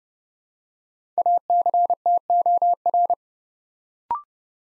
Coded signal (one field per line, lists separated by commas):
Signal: Morse code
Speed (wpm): 30 wpm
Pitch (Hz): 700 Hz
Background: none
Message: ACTOR